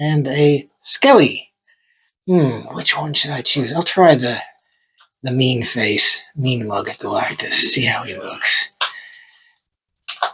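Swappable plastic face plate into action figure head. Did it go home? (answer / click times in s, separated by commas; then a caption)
yes / 10.2 s. A swappable plastic face plate is pressed into an action figure's head, seating with a sharp click at 10.2 s. Before that, someone talks for most of the clip.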